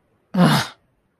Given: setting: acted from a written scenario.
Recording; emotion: vocal sound without words; shame